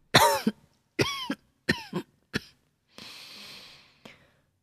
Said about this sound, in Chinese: 话音未落，榻上传来低闷的咳嗽声，张福急忙走近，见太后略显疲态，靠在榻上无精打采摆手